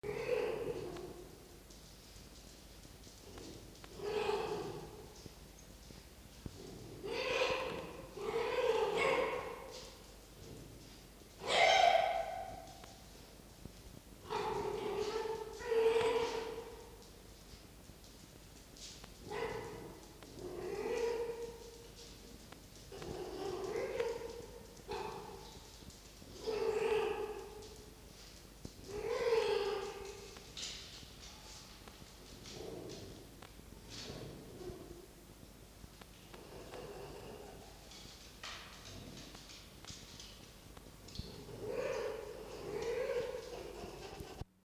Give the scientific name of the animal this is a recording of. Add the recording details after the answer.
Vulpes vulpes. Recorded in captivity. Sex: female. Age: adult. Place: Zoologisches Institut der HUB, Berlin, DE. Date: 1953-03-23 18:50. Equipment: Elmetra. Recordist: Tembrock, Günter. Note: Fiffi (Fleischverstecken): Bellknurren